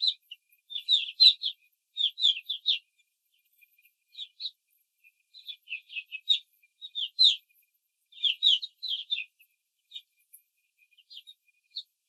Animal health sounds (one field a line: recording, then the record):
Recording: young laying hens in a cage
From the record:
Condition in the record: control cage, after the stress test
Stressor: none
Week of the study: 4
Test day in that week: 3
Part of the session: 1